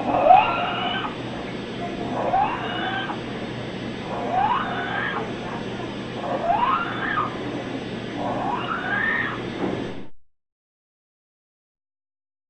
A dog with stridor. A harsh sound generally heard on inspiration and caused by laryngeal or other large airway obstruction.